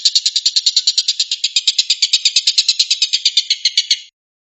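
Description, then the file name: Stork-billed kingfisher fast rattling call of harsh pulses lasting about four seconds, then silence. Rapid call style known locally as tembakan, meaning shooting. "suara tembakan tengkek buto"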